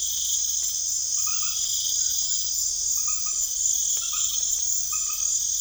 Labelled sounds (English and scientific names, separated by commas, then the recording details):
none
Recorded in pastures near Puerto Asís, Putumayo, Colombia, on 28 February 2025 at 21:30
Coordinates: 0.505, -76.324
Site GP08